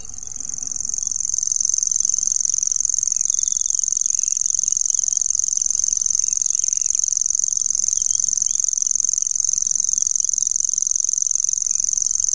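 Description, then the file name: Common grasshopper warbler song swelling in over the first two seconds, then a continuous high, buzzing reel of fast regular ticks held steadily to the end. "grasshopper warbler omkicau"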